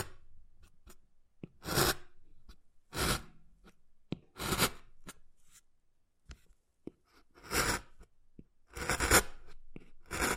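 Wood carving with short scraping strokes, each a bright rasping burst lasting under half a second, arriving in irregular bunches about every second or two. Quick light taps and small clicks fall between the strokes, with near silence in the gaps.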